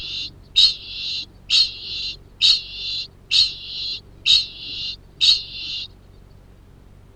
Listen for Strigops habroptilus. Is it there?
yes